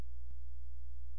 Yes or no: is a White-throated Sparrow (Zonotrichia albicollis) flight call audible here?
no